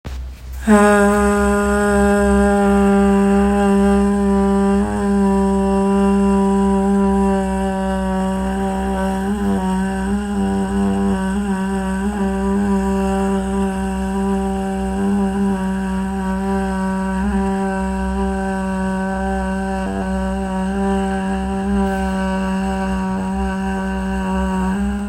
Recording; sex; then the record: sustained vowel /a/; female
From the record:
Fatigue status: no fatigue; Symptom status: symptomatic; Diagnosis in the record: COVID-19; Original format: m4a